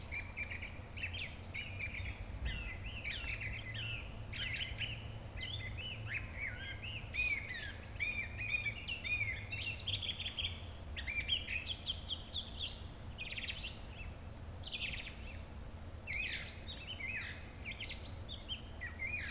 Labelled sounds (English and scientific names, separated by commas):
Song Thrush (Turdus philomelos) song